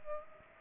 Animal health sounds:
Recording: mosquito wingbeat signal from an infrared sensor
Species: Culex pipiens

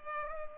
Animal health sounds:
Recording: mosquito wingbeat signal from an infrared sensor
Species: Culex pipiens

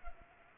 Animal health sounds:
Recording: mosquito wingbeat signal from an infrared sensor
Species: Culex pipiens

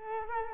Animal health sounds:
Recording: mosquito wingbeat signal from an infrared sensor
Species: Culex quinquefasciatus

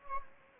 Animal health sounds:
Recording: mosquito wingbeat signal from an infrared sensor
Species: Anopheles gambiae

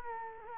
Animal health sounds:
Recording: mosquito wingbeat signal from an infrared sensor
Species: Culex quinquefasciatus

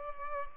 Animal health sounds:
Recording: mosquito wingbeat signal from an infrared sensor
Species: Culex pipiens

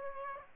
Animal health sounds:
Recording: mosquito wingbeat signal from an infrared sensor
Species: Aedes aegypti

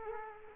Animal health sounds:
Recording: mosquito wingbeat signal from an infrared sensor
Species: Culex quinquefasciatus

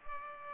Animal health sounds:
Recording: mosquito wingbeat signal from an infrared sensor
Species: Culex pipiens

